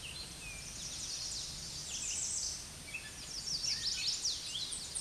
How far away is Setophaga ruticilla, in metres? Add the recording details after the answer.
about 25 m. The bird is about 10 m above the microphone. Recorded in a Pennsylvania forest on 16 May 2024 at 06:53. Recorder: AudioMoth, point MSD-2367. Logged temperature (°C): 16.0 °C. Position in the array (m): 117 m, 204 m